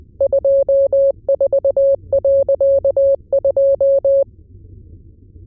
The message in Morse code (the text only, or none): 24.2